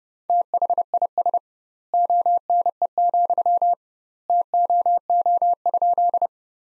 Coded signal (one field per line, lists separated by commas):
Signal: Morse code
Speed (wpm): 32 wpm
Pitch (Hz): 700 Hz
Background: none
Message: THIS ONE, TOO?